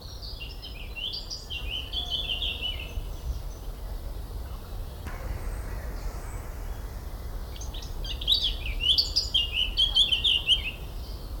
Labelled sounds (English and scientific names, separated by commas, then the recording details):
Eurasian Blackcap (Sylvia atricapilla)
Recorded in the wild
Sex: male
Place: Schloßpark Niederschönhausen, Berlin, DE
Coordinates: 52.53, 13.41
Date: 1995-05-25 19:00
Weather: heiter, 23°C
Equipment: Marantz CP 430, Sennheiser ME 80, Kopie Uher 4000 Report Monitor
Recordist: Tembrock, Günter